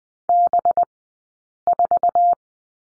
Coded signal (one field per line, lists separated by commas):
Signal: Morse code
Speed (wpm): 20 wpm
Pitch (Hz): 700 Hz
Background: none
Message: B4